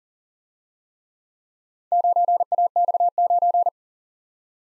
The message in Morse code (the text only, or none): 9AX9